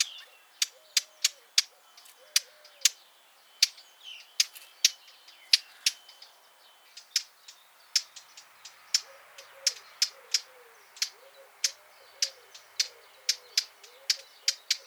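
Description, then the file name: Eurasian blackcap repeating hard clicking tack calls, roughly two each second over fifteen seconds, with faint low warbled notes in the background. "Sylvia atricapilla"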